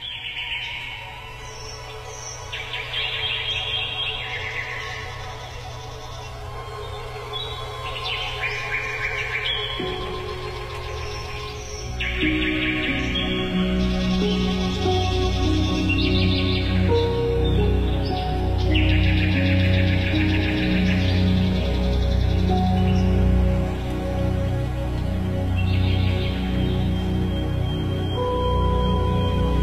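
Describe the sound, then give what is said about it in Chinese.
Bright, repeated chirps and trills of birds in nature flit over a sustained orchestral backdrop that swells louder about halfway through, the calls continuing in short bursts above the music, tied to the 2018 Berlin Waldbühne forest concert. “那现在我们已经听到了小鸟在自然当中来为我们来鸣叫。”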